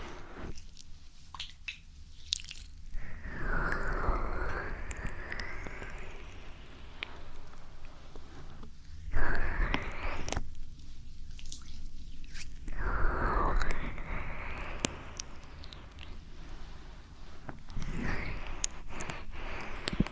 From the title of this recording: ASMR Ear Massage